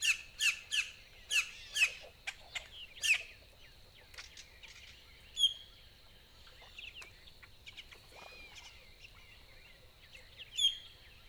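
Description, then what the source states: Boat-tailed grackle sounds: a quick run of sharp squawks, then scattered clicks, thin whistles and a few more isolated squawks. Recorded 14 April 2018.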